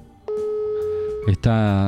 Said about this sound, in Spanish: Tratando de hacer comunicación con Victoria Estrada, escuchamos el sonido del teléfono.